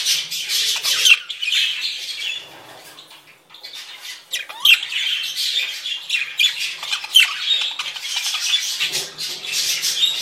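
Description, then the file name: Parakeets calling as a flock, a dense continuous chatter of shrill, scratchy squawks and chirps overlapping, with a brief quieter lull early on. A flock of parakeets calling together. "suara parkit rombongan. omkicau"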